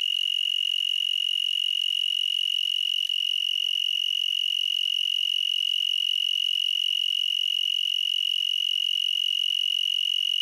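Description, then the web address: Broad-winged tree cricket song: a steady, unbroken high trill holding one pitch throughout. "Crickets and Katydids. Broadwinged Tree Cricket, Oecanthus latipennis"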